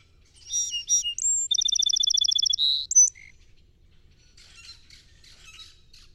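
Song sparrow, one full song: paired opening notes, a whistle, a quick rattling trill and buzzy end, followed by faint high chattering in the background.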